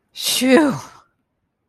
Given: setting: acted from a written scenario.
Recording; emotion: vocal sound without words; relief